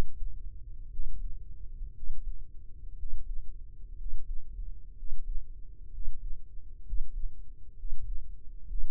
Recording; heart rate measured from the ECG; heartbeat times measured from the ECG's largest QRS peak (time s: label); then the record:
heart sounds by microphone in the right ear; 62 bpm
0.89 s: heartbeat
1.92 s: heartbeat
2.95 s: heartbeat
3.95 s: heartbeat
4.93 s: heartbeat
5.89 s: heartbeat
6.82 s: heartbeat
7.74 s: heartbeat
8.65 s: heartbeat
From the record:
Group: healthy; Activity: rest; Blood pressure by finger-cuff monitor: 112/64 mmHg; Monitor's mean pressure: 77 mmHg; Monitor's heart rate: 61 bpm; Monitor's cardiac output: 7.3 L/min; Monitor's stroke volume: 120 mL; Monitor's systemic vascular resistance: 900 dyn s/cm5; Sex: male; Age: 23 years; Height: 178 cm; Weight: 96.6 kg